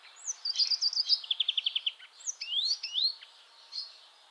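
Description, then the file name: European greenfinch twitter: a fast trill of clipped notes followed by upward-sweeping whistles and a few scattered chirps. "Chloris chloris"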